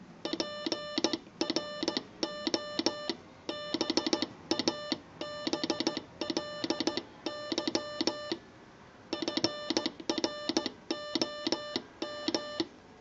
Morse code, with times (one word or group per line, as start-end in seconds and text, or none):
0.2-8.3 PROBABLY
9.1-12.6 FROM